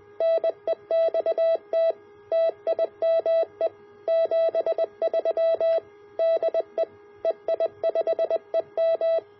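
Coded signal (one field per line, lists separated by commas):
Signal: Morse code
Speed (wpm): 20 wpm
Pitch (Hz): 660 Hz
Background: none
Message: NEXT TIME 73 DE EI5EM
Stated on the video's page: Signal from an EGV-9B QRP rig, demonstrating a resistive SWR bridge built from a G-QRP Club design.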